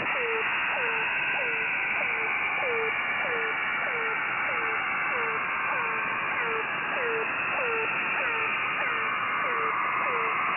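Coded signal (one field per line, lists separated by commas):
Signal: channel marker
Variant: The Air Horn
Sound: short downward-bending horn-like tones repeating about every 0.7 seconds, roughly 15 in all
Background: radio static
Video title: The Air Horn on 4930 kHz September 17, 2022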